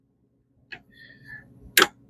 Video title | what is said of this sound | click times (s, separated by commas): High Beam Bulb Replacement on Dodge Grand Caravan AUTOONE LED | until it clicks. | 1.8 s